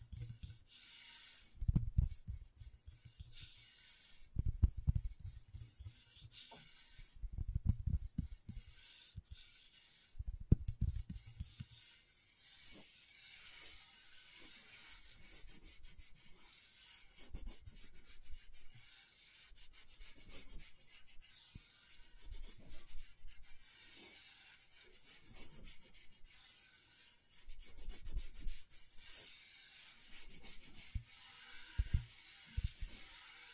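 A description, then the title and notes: Scratchboard being worked with a stylus: dense, bright rubbing scratches, heavier low strokes in the first twelve seconds, then lighter, steady scraping. ASMR Brain Tingling Scratchboard (No Talking).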